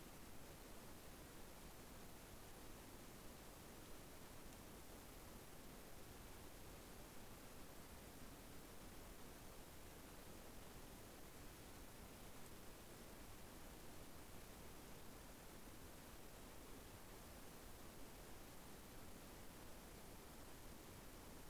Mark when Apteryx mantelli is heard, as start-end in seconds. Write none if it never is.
none